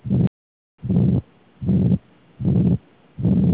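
Heart by stethoscope: a ventricular septal defect (VSD) murmur, heard as repeated loud, low-pitched noisy bursts at about 76 per minute.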